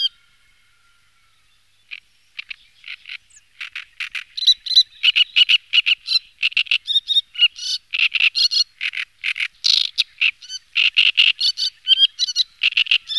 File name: rákosník-velký